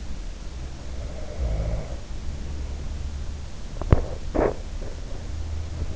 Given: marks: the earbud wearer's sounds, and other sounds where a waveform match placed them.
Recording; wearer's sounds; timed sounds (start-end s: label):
sounds in sleep by an in-ear microphone; snoring breath, teeth grinding
0.42-2.63 s: snoring breath
3.48-5.10 s: teeth grinding